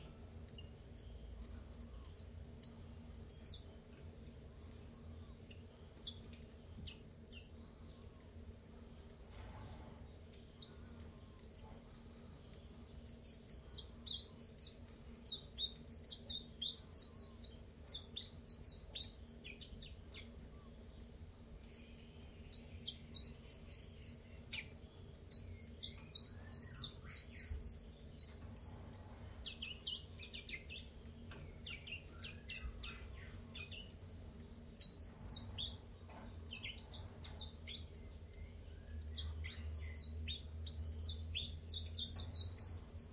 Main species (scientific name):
Phylloscopus collybita